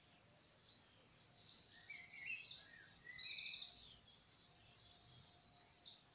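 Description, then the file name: Eurasian wren singing a long, explosive run of high, fast trills and sharp rattling notes that fills nearly the whole recording, with only faint background hiss. "Troglodytes troglodytes"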